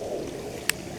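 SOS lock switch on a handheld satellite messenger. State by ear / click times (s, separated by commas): seated / 0.7 s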